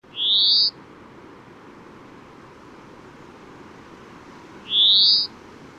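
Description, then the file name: European greenfinch calling twice, each a short rising wheezy note, about four and a half seconds apart, with soft background hiss between. "Chloris chloris"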